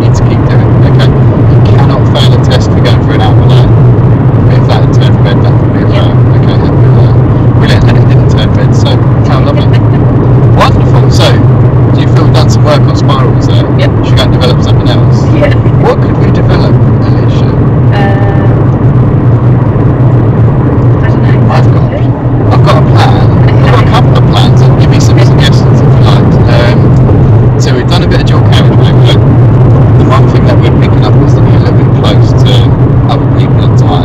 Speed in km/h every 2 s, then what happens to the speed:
85, 84, 84, 84, 82, 82, 84, 84, 82, 84, 84, 85, 85, 85, 82, 81, 77.
0-27 steady at about 84. 27-34 slows to 77.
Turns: none.